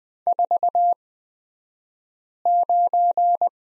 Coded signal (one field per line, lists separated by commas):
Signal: Morse code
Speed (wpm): 20 wpm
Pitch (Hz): 700 Hz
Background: none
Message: 49